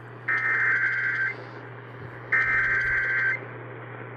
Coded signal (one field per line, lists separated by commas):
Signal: Emergency Alert System (SAME) tones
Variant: header bursts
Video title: Eas Shv Svr on KWKH-AM Eas#1922